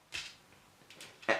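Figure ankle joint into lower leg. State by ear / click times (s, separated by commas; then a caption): seated / 0.1 s. A Transformers Generations Selects Star Convoy action figure is being transformed, and its plastic ankle joint is brought up into the lower leg until it snaps into place. A sharp snap sounds at 0.2 s and the joint is seated. Fainter clicks follow around 0.9 and 1.0 s, with a louder handling noise at the end.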